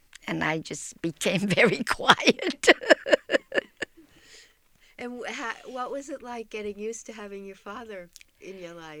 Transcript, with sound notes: and I just became very quiet. [Laughs]
And what was it like getting used to having your father in your life?